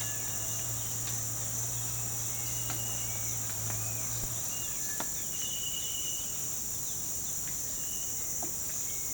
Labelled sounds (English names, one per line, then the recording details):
none
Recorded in pastures near Puerto Asís, Putumayo, Colombia, on 20 December 2024 at 06:30
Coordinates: 0.466, -76.322
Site G040